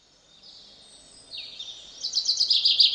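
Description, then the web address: Common chaffinch song: a faint thin phrase, then a loud fast trill of repeated notes descending toward the end. "Deverinetal 2025"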